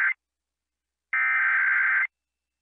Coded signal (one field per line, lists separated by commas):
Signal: Emergency Alert System (SAME) tones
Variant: header bursts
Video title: EAS Required Monthly Test Utah Statewide (Emergency Alert System Test) +WeatherSTAR4000